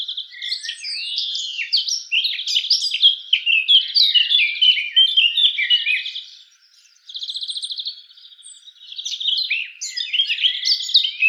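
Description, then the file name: Eurasian blackcap singing a fast, scratchy, jumbled warble of mixed notes, a brief gap around seven seconds, then a buzzy trill and more varied phrases. "Sylvia atricapilla"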